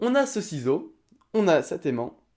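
A magnet piece is being handled to clip onto a pair of scissors, but nothing has seated or clicked yet. Someone talks throughout in two bursts separated by a brief near-silent pause, with no sharp sounds.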